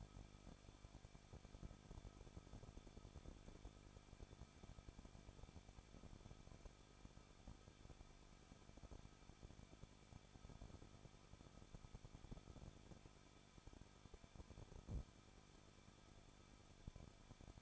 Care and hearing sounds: daily activity, microphone in the room; no activity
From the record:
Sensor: 5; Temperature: 20.8 degrees Celsius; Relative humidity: 38.6%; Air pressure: 1006.5 hPa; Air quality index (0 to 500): 192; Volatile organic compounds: 21 ppm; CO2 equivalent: 2712 ppm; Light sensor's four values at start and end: 2/3/1/1 and 2/3/1/1

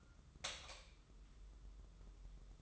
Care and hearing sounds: daily activity, microphone in the room; light off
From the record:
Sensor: 3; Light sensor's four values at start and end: 12/31/12/12 and 9/22/9/9

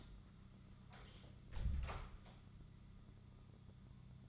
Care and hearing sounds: daily activity, microphone in the room; close door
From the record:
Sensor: 3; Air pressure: 1004.9 hPa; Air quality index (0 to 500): 74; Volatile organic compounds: 2 ppm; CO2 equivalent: 1112 ppm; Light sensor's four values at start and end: 8/20/8/8 and 8/20/8/8

